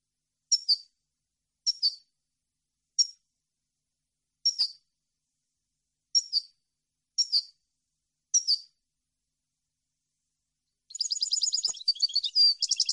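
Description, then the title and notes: European goldfinch giving seven short call notes about once a second, then breaking into a fast twittering song phrase. Clean goldfinch song for copying, used for song training. "Cd Jilguero. Cd de canto de jilguero limpio para copia"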